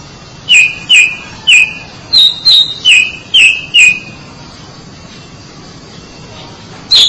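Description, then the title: Oriental magpie-robin song: a string of about eight clear downslurred whistles, then three seconds of quiet and one more note. "Suara Kicauan Burung Kacer Durasi Panjang"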